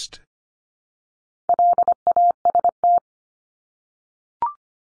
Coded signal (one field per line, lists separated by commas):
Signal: Morse code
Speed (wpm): 25 wpm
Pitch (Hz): 700 Hz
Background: none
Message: LAST